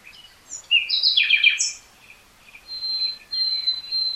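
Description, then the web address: Common nightingale song with rapid descending stuttered notes, then long thin steady whistles held on one pitch. "SETE data Luscinia megarhynchos"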